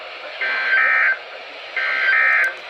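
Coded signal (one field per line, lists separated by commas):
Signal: Emergency Alert System (SAME) tones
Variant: end-of-message bursts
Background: speech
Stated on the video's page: Weather radio alerts.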